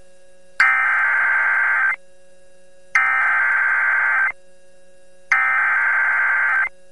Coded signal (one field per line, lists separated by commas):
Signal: Emergency Alert System (SAME) tones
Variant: header bursts